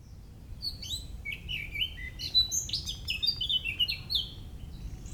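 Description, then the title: Birds singing varied high whistled and chirping notes in a lively continuous stream, with a constant low rumble underneath. Early morning birdsong in a park in a dense urban area at the edge of Paris, Montreuil, France, 27 May 2018; recorded with MCE530 microphones, Dual Pre USB and H2 recorder. "Parc des Beaumonts, 16 Avenue Jean Moulin, Montreuil, France - Oiseaux des Beaumonts le 27 mai 2018"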